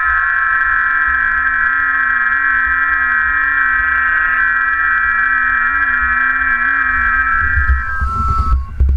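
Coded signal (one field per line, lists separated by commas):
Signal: FT8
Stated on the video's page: FT8 in a park activation, mobile, using a wire vertical on a magmount.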